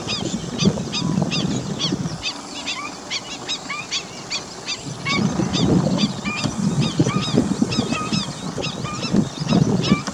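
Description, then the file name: Black-winged stilt calls: many sharp, yelping, goose-like notes from several birds, repeated rapidly and irregularly, over a low rumble that drops away for a few seconds early on and returns for the second half. "Black-winged stilt 5 alok"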